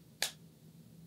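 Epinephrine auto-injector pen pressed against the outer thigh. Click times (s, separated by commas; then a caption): 0.2 s. An epinephrine auto-injector pen, a plastic trainer or device, is pressed against the outer thigh until the mechanism fires. A single sharp, bright click lands at 0.2 s and decays quickly over a quiet background hum. The pen has activated, and the click marks the medication going in.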